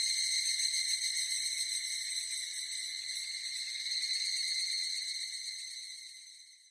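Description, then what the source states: Evening cicada song, a continuous shrill, ringing buzz with fast pulses, holding steady before fading out over the final seconds. Recorded 18 July 2004.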